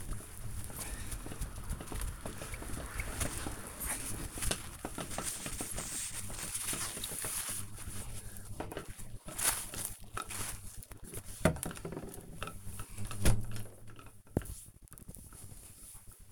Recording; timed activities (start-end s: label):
household activities, microphone on the right wrist
0.00-13.01 s: window cleaning